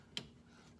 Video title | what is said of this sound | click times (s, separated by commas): Headlight Revolution - LED Headlight Bulb Installation - 2017 Corolla iM 9012 Bulb | turn and it snaps right in place then | 0.2 s